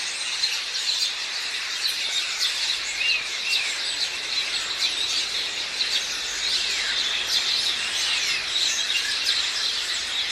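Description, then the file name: House sparrows chirping in a dense, continuous chorus of overlapping high chirps, with no pauses. "Passer domesticus"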